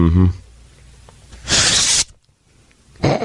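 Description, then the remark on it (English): A voice imitates ripping paper with a loud, harsh hissing burst lasting about half a second, followed by a short silence and the start of another burst; a brief voiced sound comes before it. “As a kid, I used to make the sound of ripping paper.”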